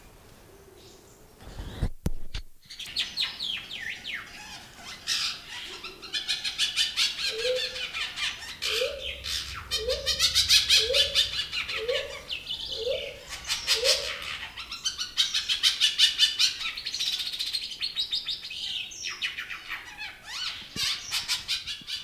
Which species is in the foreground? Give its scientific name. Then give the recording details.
Gallicolumba rufigula. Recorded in captivity. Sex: male. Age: adult. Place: Zoo Berlin, Berlin, DE. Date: 2001-03-20 12:53. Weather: partly sunny, 0-2°C. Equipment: Nagra SN, Kopie Uher 4000 Report Monitor. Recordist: Tembrock, Günter